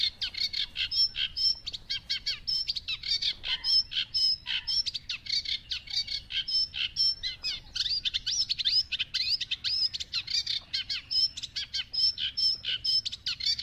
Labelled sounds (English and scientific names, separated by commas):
Eurasian Reed Warbler (Acrocephalus scirpaceus)